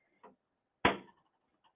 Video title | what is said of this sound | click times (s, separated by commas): DAY THREE! HOOP FEST 2023! ❤🧵 | so the Hoops just click right in | 0.8 s